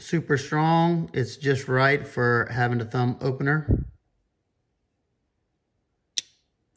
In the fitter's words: you get a nice positive click perfectly